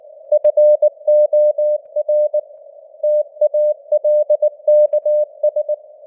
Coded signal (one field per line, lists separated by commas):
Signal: Morse code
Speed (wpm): 19 wpm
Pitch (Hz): 600 Hz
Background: none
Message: FOR TALKS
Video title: Morse Code News | 2025-10-02 | 19wpm